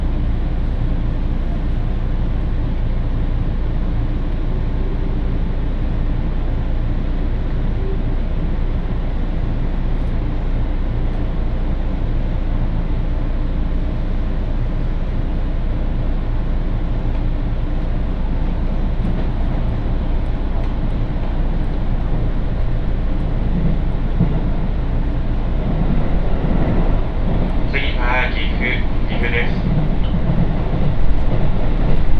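A steady low rumble of a train ride on the Tokaido Main Line, with faint voices, and brief squealing tones near the end.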